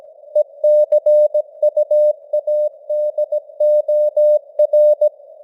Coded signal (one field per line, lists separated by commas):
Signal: Morse code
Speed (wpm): 17 wpm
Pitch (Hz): 600 Hz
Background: none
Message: ECUADOR